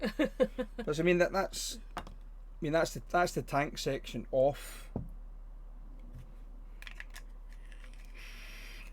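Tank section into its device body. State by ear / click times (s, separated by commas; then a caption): not seated / none. Someone talks over the tank section of a handheld device as it is handled and fitted back toward its device body. After the speech, a few faint, sharp handling taps come at about 6.8 to 7.0 s over low background noise. The tank section has not seated or clicked into place yet.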